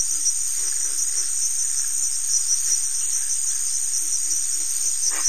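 Cricket trilling steadily at a high pitch, backed by soft repeated low pulses throughout.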